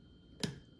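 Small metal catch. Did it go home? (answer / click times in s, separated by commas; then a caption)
yes / 0.4 s. A metal magazine release catch on a Beretta 92 pistol is pressed in and down with the thumb into the pistol frame. It gives a single sharp click at 0.4 s over a quiet background. The catch pops into place and is fully seated with no gap left.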